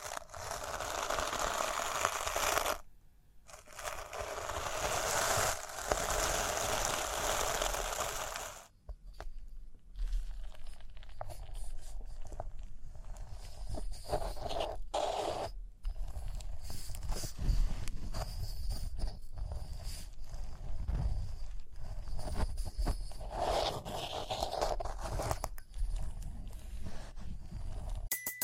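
Rhinestones are tapped, scratched and brushed in a dense, continuous run of tiny crisp clicks and rustles. The first nine seconds are a bright, steady scratching wash with a short pause near three seconds. After a gap at nine seconds, sparser, uneven tapping and brushing follows to the end.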